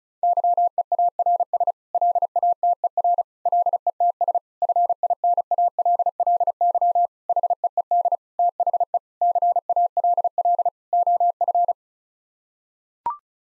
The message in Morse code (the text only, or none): YEARS LATER LETS FINALLY HEED THE CALL OF